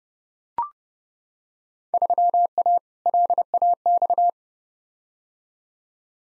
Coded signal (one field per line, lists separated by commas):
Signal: Morse code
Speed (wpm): 31 wpm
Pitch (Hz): 700 Hz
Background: none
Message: 3A LAX